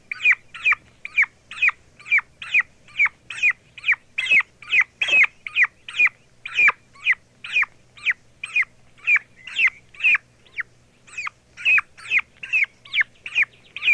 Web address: Turkey -Young